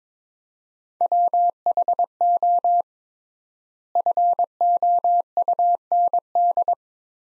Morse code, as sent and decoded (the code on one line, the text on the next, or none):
.-- .... --- / ..-. --- ..- -. -..
WHO FOUND